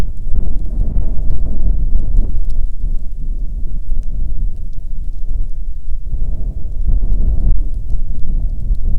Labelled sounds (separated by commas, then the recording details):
wind, rain
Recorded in the Prudhoe Bay oil fields, Alaska, on 5 June 2019 at 00:01
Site 13